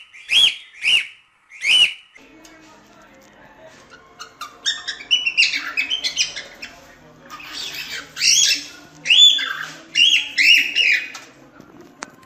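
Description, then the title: Cockatiel vocalizing: three loud harsh descending squawks, then a jumble of chirps and whistled phrases with more squawky notes toward the end. Several cockatiels singing with whistles. "Calopsitas Cantando Assobio"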